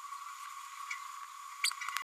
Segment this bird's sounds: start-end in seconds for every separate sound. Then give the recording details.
1.64-1.71. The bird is a female. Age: 32 days. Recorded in a nest box in Venezuela. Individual 17B102A5